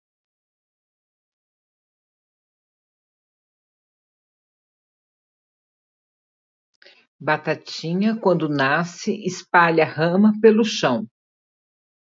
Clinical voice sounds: short text; Brazilian Portuguese; female; 60 to 69 years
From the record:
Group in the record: control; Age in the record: 66 years

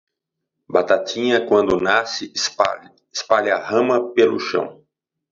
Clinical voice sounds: short text; Brazilian Portuguese; male; 40 to 49 years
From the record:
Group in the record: control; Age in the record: 49 years

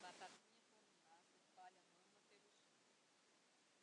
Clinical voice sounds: short text; Brazilian Portuguese; female; 70 to 79 years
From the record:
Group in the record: control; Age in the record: 70 years

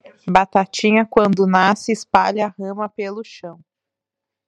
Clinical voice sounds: short text; Brazilian Portuguese; female; 30 to 39 years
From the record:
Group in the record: control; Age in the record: 32 years

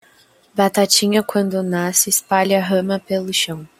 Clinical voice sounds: short text; Brazilian Portuguese; female; 20 to 29 years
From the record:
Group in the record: control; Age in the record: 20 years

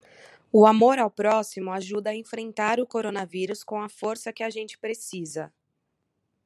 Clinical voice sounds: spoken sentence; Brazilian Portuguese; female; 30 to 39 years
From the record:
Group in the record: control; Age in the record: 30 years

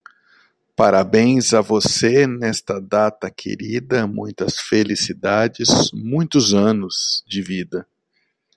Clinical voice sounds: short text; Brazilian Portuguese; male; 40 to 49 years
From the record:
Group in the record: control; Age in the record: 42 years

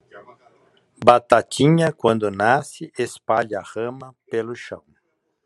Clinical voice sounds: short text; Brazilian Portuguese; male; 60 to 69 years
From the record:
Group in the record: control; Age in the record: 65 years

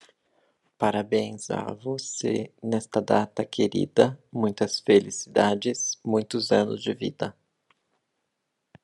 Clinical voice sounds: short text; Brazilian Portuguese; male; 50 to 59 years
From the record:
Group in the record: control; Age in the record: 54 years

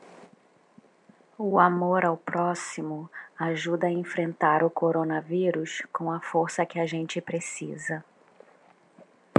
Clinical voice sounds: spoken sentence; Brazilian Portuguese; female; 30 to 39 years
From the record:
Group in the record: control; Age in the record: 39 years

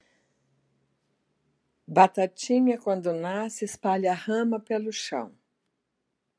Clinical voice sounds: short text; Brazilian Portuguese; female; 60 to 69 years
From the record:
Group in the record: control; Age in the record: 69 years

